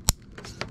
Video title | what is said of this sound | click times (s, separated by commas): Can’t Believe How Fast These Are - EICR Remedials - Electrician | this side push it right in until it clicks and | 0.1 s